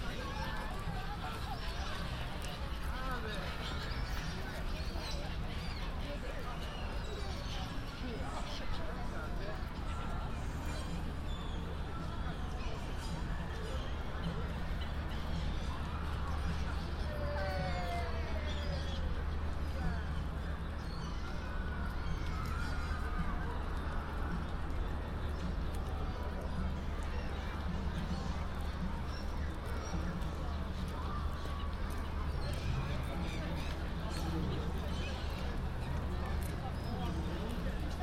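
A walk through Hyde Park toward the winter carnival, filled with a steady wash of overlapping voices and crowd chatter. A low rumble runs underneath throughout, and brief chirpy, bird-like calls rise above the babble around the middle, near 17 to 20 seconds.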